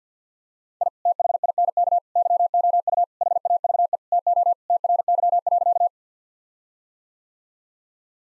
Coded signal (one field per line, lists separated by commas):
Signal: Morse code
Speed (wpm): 50 wpm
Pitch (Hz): 700 Hz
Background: none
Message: I THINK YOU HAVE TO TRY.